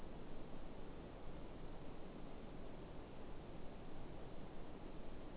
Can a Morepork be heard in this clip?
no